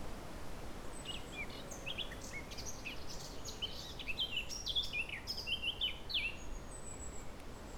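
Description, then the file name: Eurasian blackcap delivering a lively warbling phrase of tumbling, slurred whistles that grows stronger toward the end, with continuous low background noise throughout. "Sylvia atricapilla"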